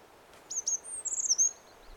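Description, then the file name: Eurasian wren giving a brief, very high burst of sharp notes that runs into a fast, thin trill, the whole lasting about one second. "Troglodytes troglodytes"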